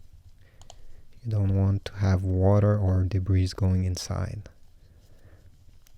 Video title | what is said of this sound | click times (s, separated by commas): How to Change the Battery of Your Mitsubishi Outlander, Endeavor, Eclipse Key Fob Remote DIY | Put the casing back together and make sure it clicks. | 0.6 s, 0.7 s